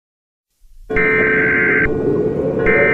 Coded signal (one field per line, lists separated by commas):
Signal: Emergency Alert System (SAME) tones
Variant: header bursts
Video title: EAS Scenario #3: Canada’s Betrayal